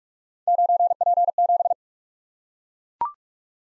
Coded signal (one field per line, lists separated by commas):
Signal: Morse code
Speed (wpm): 44 wpm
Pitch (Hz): 700 Hz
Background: none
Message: 9P7